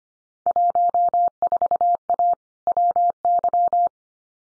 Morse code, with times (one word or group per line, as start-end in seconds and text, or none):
0.5-2.3 14A
2.7-3.9 WY